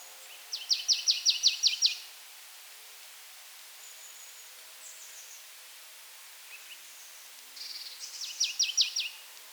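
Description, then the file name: Marsh tit calls in two rapid chattering bursts of repeated clipped notes, the first louder, with thin high calls and quiet background between them. "Poecile palustris"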